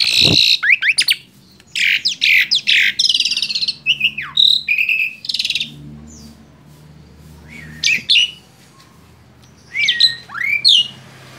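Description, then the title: Asian pied starling song, a burst of dense squawking and chattering notes, then a pause and a few rising whistled and grating notes near the end. Masteran training recording made to teach song to caged birds. "Masteran Jalak Suren"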